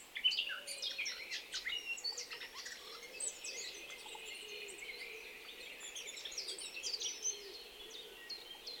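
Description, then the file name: Eurasian blackcap song, a rapid jumble of scratchy high notes running without pause, with a faint low hum beneath. "Sylvia atricapilla"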